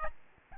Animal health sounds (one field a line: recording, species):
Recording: mosquito wingbeat signal from an infrared sensor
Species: Aedes albopictus